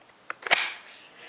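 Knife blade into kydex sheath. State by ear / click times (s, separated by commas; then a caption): seated / 0.3 s, 0.5 s. A knife blade is pushed into a rigid kydex (thermoplastic) sheath, giving a sharp click at 0.3 s and a louder snap at 0.53 s. The snap rings out briefly as the knife locks in, and it is seated solidly with no movement at all.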